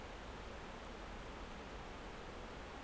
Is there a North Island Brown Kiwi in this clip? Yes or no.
no